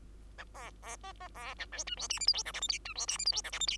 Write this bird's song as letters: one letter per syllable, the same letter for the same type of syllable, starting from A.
A B B C C B A D E F G H I J K L M N E F G H I J K L M N